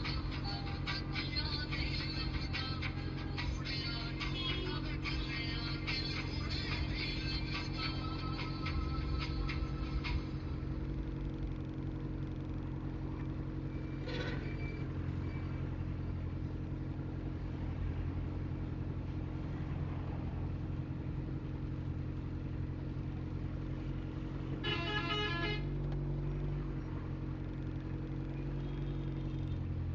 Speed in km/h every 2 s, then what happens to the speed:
0, 0, 0, 0, 0, 0, 0, 0, 0, 0, 0, 0, 0, 0, 1.
0-28 standing.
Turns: none.